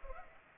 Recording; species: mosquito wingbeat signal from an infrared sensor; Culex pipiens